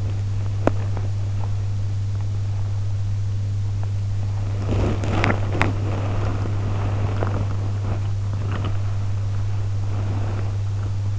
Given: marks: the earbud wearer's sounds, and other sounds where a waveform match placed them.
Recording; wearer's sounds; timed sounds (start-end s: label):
sounds in sleep by an in-ear microphone; body movement
0.00-1.63 s: body movement
4.23-11.19 s: body movement